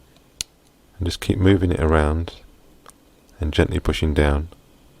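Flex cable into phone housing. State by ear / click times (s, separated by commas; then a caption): not seated / none. A replacement flex cable is worked into the casing of a Nokia Lumia 920 phone and gently pressed down while someone talks, with a few brief sharp ticks from the handling. The cable has not clicked or seated into place yet.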